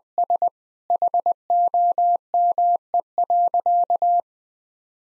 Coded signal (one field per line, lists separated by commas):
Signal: Morse code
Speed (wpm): 20 wpm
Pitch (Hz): 700 Hz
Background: none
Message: S HOME.